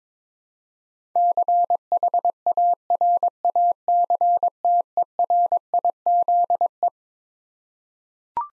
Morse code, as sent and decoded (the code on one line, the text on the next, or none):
-.-. .... .- .-. .- -.-. - . .-. .. --.. .
CHARACTERIZE